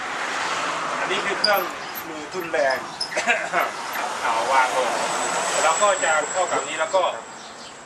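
A part of a labour-saving tool for making flattened rice is being handled and fitted toward its mount while someone talks over a steady background hiss. The clip ends before the part locks home, so nothing has seated or clicked yet.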